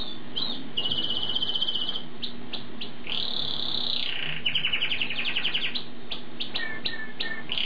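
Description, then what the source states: Songbird singing a lively run of sharp chirps, rapid trills and a long sweeping whistle, over a faint steady low hum. Songs used to train songbirds.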